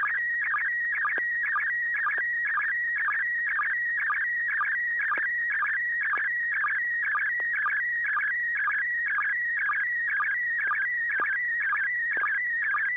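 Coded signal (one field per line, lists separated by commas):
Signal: SSTV (slow-scan television)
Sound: steady warbling, chirpy tone with rapid pitch wiggles and a regular ticking dip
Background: low hum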